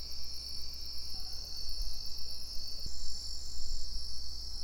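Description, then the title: Crickets trilling in a dense, even high-pitched drone, the upper layer shifting slightly partway through, with low background rumble. Crickets in plum trees at Tinun, Tenabo, Campeche, Mexico; recorded with a TASCAM DR-100 mkII recorder and RODE NTG-2 shotgun microphone with Deadcat windshield. "Tinun, Tenabo, Camp., México - Grillos en Ciruelos"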